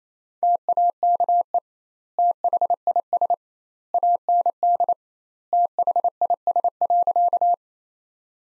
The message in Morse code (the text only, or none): TAKE THIS AND THIS.